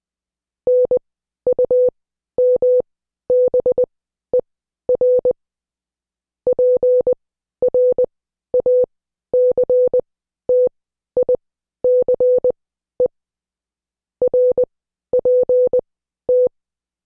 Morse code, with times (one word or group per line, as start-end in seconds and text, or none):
0.7-5.3 NUMBER
6.5-13.1 PRACTICE
14.2-16.5 RPT